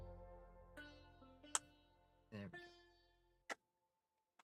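A plastic Lego part is pressed onto a Lego DeLorean brick car model during the build, with music playing in the background. A sharp snap at 1.6 s marks the part seating as a nice tight fit, followed by a brief faint tick near 3.5 s.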